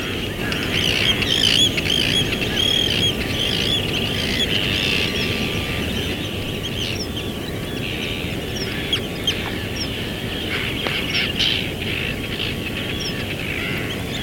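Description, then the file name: Birds chorusing with many overlapping chirps and twittering notes, a faint steady tone running through, over constant low background noise. "oiseaux"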